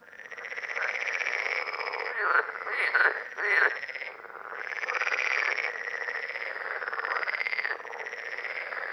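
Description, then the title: Common parsley frog chorus: dense, continuous pulsed croaking from several frogs, with a few louder bursts standing out near the middle. Several frogs at Lerouville, Lorraine, France, on 5 June 2022. "Parsley-Frogs-Lerouville-Lorraine-France-05 06 2022"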